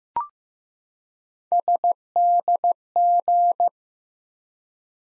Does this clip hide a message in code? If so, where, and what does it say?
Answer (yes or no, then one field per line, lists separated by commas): yes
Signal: Morse code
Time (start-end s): 1.5-3.7 s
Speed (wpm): 15 wpm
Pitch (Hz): 700 Hz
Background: none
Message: SDG